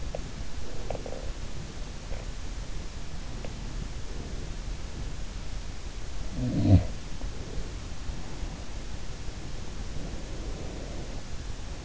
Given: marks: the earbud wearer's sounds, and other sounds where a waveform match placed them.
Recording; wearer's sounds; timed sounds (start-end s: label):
sounds in sleep by an in-ear microphone; teeth grinding, breath
0.00-2.57 s: teeth grinding
6.18-7.47 s: sound from someone else or the room
9.30-11.85 s: breath